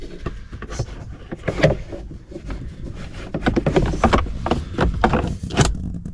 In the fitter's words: And you can hear it click into place.